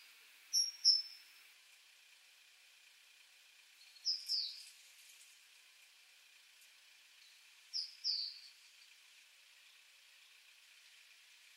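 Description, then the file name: Great tit calls: pairs of high, sharp down-slurred notes, repeated roughly every three and a half seconds over a steady hiss of background noise. "Parus major"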